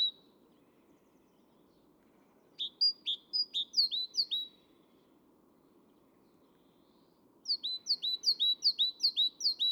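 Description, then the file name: Great tit repeating high, clipped two-note phrases in two main bouts, each a rapid even string of several, with silence between them. "Parus major"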